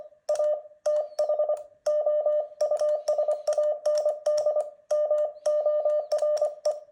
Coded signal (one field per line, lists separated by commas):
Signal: Morse code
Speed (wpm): 25 wpm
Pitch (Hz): 600 Hz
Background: none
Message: A THOUSAND MORE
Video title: Let's enjoy Morse code! #モールス #morse #モールス信号 #morsecode #athousandyears #christinaperri